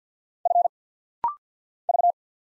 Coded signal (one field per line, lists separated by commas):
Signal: Morse code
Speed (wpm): 48 wpm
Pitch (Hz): 700 Hz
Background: none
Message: F V